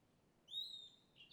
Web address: Passaro isolado beira do rio mata fechada mosca tarde. local cavalcante